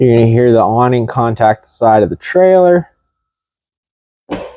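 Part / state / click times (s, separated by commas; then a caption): door latch on travel trailer exterior / seated / 4.3 s. Someone talks about the side of a 2022 Heartland Pioneer 320DS travel trailer. After a silence, an exterior door or compartment on the trailer is closed and its latch slams shut at 4.3 s with a short, sharp latch slam. The door is now fully closed.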